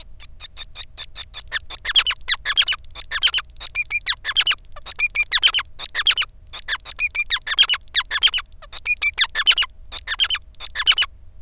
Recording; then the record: song of a male Bengalese finch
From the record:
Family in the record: son of father 5